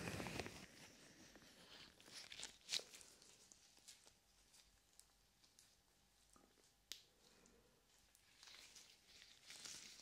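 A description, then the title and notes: Gloved hands cup and rub over the ears, with soft crinkly brushing, sharp rustles near three and seven seconds, and quiet pauses between. ASMR Ear Cupping with Gloves.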